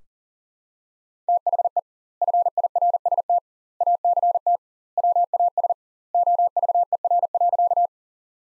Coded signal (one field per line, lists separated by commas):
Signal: Morse code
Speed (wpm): 40 wpm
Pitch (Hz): 700 Hz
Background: none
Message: THE FIRST ACT WAS OVER.